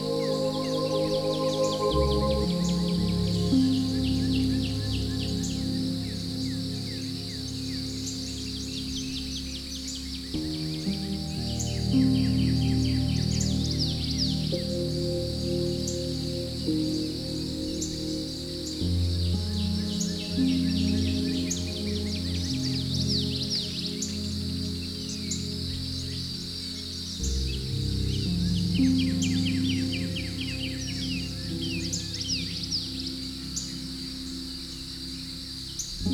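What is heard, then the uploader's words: Birds chirp and trill steadily through a peaceful forest morning, their bright, quick calls scattered across the whole clip. Underneath, soft sustained low tones hold and shift to new notes about every eight to ten seconds, keeping a smooth, even level throughout. Peaceful Morning in the Forest.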